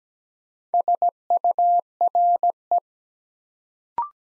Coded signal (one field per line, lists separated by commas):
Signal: Morse code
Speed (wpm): 17 wpm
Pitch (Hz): 700 Hz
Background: none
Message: SURE